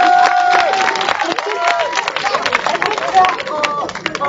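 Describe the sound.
A crowd at a general strike assembly applauds the general strike commission steadily, dense clapping running throughout, with scattered cheers and overlapping shouting voices rising above the noise.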